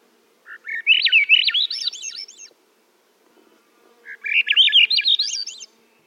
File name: Swainsons Thrush